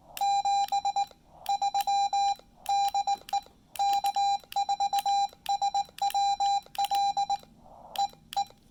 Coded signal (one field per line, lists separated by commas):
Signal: Morse code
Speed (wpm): 19 wpm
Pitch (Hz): 810 Hz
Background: none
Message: 73 DE K4SWL EE